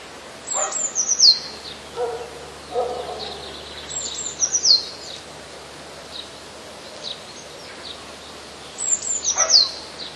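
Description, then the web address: Eurasian blue tit singing three bright descending trilled phrases, high and thin, spaced a few seconds apart, with faint lower chirps in the background. "wroblowe teka spiew 11. wroblowe teka modraszkoteka"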